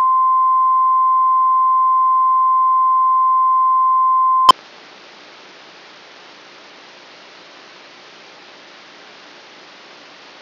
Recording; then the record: brain microelectrode recording played as sound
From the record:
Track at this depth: outside the subthalamic nucleus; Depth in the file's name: 5.001 mm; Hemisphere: right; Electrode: 3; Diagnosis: Parkinson's disease